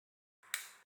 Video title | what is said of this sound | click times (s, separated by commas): Installation - Klipper/CB OS and Manta M8P/CB1 | and you hear the click sound now the board is set it properly | 0.5 s